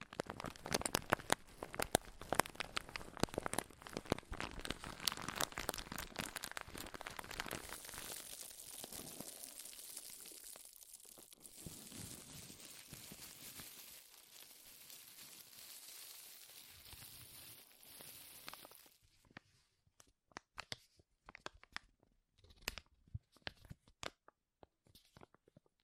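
Loud crinkling and crackling fills the first half, a dense run of sharp, bright snaps. Around the middle it thins into a softer, hissing rustle, then at about 19 seconds the sound breaks into scattered, separate crinkles with silence between them.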